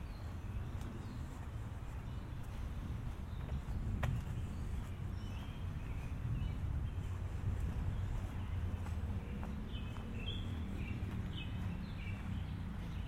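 A walk home through the suburbs, carried on a steady low rumble of traffic and outdoor noise that holds even throughout. Faint bird chirps flicker in the upper range, more often toward the end, and a sharp click or tap lands around the fourth second.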